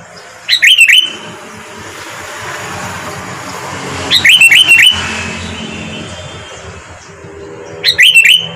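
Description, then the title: Sooty-headed bulbul repeating a short, liquid phrase roughly every four seconds, three times, over a soft steady background hum. "Kutilang"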